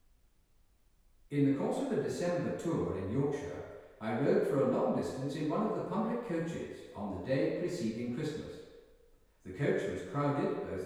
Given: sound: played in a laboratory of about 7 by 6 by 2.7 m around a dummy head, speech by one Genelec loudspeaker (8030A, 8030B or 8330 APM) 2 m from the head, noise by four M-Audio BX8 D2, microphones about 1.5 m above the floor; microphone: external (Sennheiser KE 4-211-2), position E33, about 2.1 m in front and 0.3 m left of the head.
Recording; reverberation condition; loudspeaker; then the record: male speech in English; high; 120 degrees to the right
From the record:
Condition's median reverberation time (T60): about 1300 ms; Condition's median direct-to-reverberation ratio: about -4.0 dB